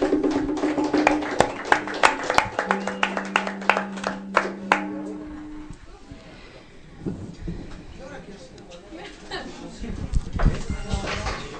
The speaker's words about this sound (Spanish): Un aplauso, por favor.